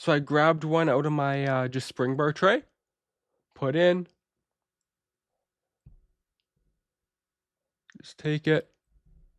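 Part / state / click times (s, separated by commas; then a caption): spring bar into watch lugs / not seated / none. A spring bar taken from a spring bar tray is put into a watch strap and lined up between the watch lugs before being pushed in. Someone talks, with only faint handling sounds in the quiet gaps. The spring bar has not clicked into place yet.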